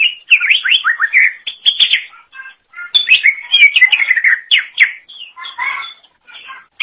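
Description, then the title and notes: Leafbird pouring out a fast medley of sweet whistles, chips and twittering notes with only brief pauses. "Suara Kicauan Burung Cucak Ijo Durasi Panjang"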